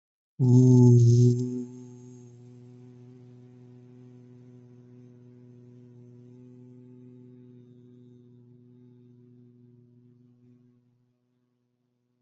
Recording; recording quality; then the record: sustained vowel as in boot; excellent, no background noise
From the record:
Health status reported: exposed to COVID-19, no respiratory illness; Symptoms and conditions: none ticked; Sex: male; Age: 26 years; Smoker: not ticked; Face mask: not worn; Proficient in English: yes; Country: India